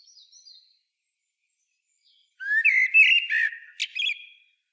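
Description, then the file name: Common blackbird song: a faint high whistle, a pause, then a low fluted warble running into a squeaky, high twittering flourish. "Turdus merula"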